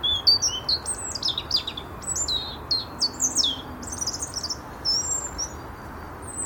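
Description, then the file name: European robin singing high, liquid phrases of falling whistles and brief trills, delivered in quick bursts with gaps, against faint continuous background noise. "Erithacus rubecula"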